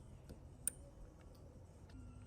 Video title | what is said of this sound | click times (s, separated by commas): Honda Accord Fuel Injector Change - 1.5T Engine with Rough Idle - Accord Injectors | uh you should kind of hear it snap in place | 0.7 s